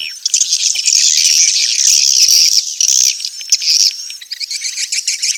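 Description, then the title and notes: Swiftlets chirp in a dense, shrill twitter, with thin whistled notes threaded through, steady at first and then breaking into short stuttering bursts near the end. Swiftlet sound used for swiftlet farming in Asia. "Swiflet Bird Sound. Farming Swiflet Bird asia sound"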